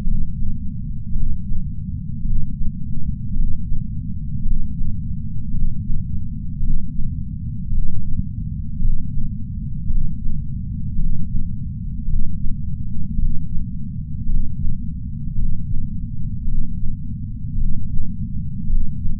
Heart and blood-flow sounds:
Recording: heart sounds by patch sensor on the chest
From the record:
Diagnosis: coronary artery disease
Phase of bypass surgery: intraoperative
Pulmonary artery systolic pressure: 24 mmHg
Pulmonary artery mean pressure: 20 mmHg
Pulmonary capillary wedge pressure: 12 mmHg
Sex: male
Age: 60 years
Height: 170 cm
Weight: 103 kg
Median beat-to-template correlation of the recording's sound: 0.88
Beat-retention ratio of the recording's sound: 0.98

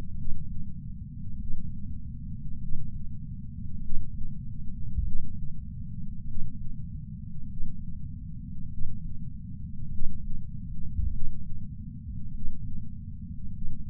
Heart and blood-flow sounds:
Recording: heart sounds by patch sensor on the chest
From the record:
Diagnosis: coronary artery disease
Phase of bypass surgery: intraoperative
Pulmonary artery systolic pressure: 33 mmHg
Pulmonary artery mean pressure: 24 mmHg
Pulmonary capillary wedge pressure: 16 mmHg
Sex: male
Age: 71 years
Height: 160 cm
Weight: 67 kg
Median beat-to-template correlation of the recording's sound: 0.94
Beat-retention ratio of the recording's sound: 0.98

